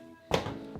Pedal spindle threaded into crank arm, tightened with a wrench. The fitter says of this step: all right here we go let's hear the click